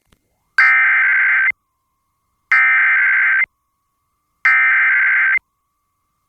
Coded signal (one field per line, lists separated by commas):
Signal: Emergency Alert System (SAME) tones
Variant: header bursts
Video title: Winter Storm Warning on WIFT (12/14/22)(EAS 1309)